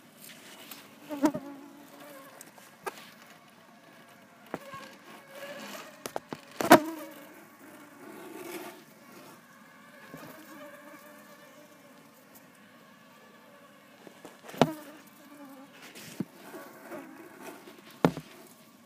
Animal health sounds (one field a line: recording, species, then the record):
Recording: mosquito flight sound by mobile phone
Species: Culex tarsalis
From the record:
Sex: female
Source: PrakashLab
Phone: iPhone 4S